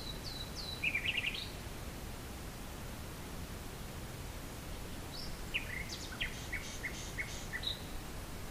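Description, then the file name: Common nightingale song: a short twittering phrase early on, a long pause, then a phrase of repeated chirping notes, all over faint hissing background noise. "usignolo"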